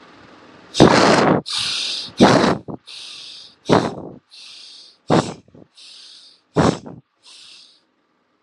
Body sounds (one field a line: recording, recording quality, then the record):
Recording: shallow breathing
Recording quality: excellent, no background noise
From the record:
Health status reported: healthy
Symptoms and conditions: diabetes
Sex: male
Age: 36 years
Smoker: not ticked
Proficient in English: yes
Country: India